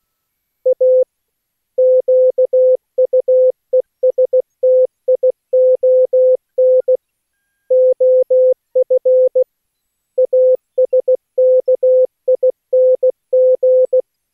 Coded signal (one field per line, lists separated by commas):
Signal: Morse code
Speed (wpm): 19 wpm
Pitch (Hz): 510 Hz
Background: none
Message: A QUESTION OF ASKING